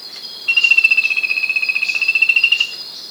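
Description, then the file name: Bird call: a single whistled note, flat and quickly throbbing, held for about two seconds while a shrill insect-like drone continues behind it. "SABIOD 50 bird 2015"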